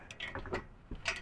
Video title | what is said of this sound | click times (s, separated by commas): How to assemble your new VelociRAX MAX rack | Right there, we hear that click because we set it to the proper | 1.1 s